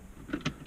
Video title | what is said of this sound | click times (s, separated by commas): Armour Review of Model 3 Taptes Wireless Qi Charger | you slide it to the left it just kind of clicks into place | 0.3 s, 0.5 s